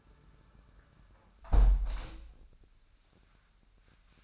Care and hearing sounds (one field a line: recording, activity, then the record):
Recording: daily activity, microphone in the room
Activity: close window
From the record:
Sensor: 2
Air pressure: 998.4 hPa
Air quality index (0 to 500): 129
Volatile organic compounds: 3 ppm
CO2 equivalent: 1465 ppm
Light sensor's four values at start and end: 6/15/6/7 and 6/15/6/7